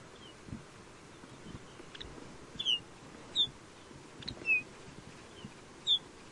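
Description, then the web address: Lapland bunting calls: short, high, down-slurred chip notes spaced roughly a second apart, with soft background hiss. "lapland bunting bird call"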